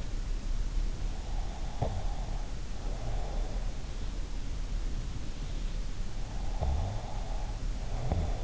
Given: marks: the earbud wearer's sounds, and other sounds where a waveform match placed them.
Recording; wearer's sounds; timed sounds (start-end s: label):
sounds in sleep by an in-ear microphone; breath, snoring breath
1.68-3.56 s: breath
6.32-8.44 s: snoring breath